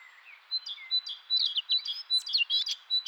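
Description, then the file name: Eurasian blackcap warbling song, a quick run of varied high chirps and whistles over soft background hiss. "Sylvia atricapilla"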